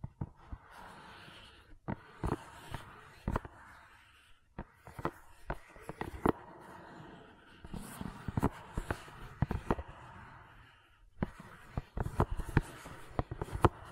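Gentle silicone sounds: soft squishing and rubbing broken by sharp little taps and clicks that come in irregular clusters. Brief quiet pauses fall near two, four and a half, and eleven seconds, with a faint hiss underneath throughout.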